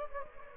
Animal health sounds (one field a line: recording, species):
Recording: mosquito wingbeat signal from an infrared sensor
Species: Anopheles gambiae